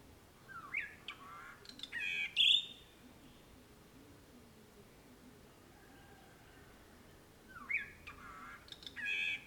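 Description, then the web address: Birds chirping: loud, sharp, downslurred chirps and bright whistled notes in two bursts, separated by a few seconds of quiet background. Birds recorded in the morning, June 2009. "2009-06-morning-birds morningbirds"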